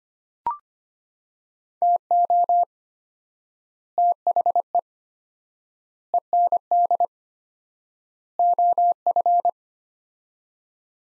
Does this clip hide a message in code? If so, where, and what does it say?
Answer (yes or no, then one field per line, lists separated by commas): yes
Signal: Morse code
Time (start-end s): 1.8-9.5 s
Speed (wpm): 25 wpm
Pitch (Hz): 700 Hz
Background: none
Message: TO THE END OF